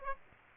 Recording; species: mosquito wingbeat signal from an infrared sensor; Aedes aegypti